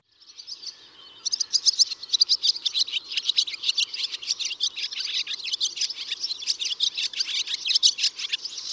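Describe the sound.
Barn swallow song, a dense stream of bright, fast, high-pitched twittering and chattering notes that continues to the end.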